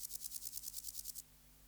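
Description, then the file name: Two-marked grasshopper song, a short series of rapid high hissing pulses lasting a little over a second, then stopping abruptly, with a faint low hum throughout. "Chorthippus binotatus"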